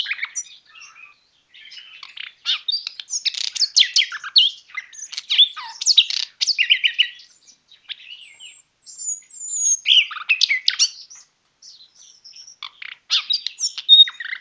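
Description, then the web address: Common nightingale singing a busy stream of trills, chirps and whistled notes, with occasional brief pauses between phrases. Recorded on 22 March 2014. "birdsong megarhynchos 22 03 2014"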